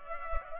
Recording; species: mosquito wingbeat signal from an infrared sensor; Culex pipiens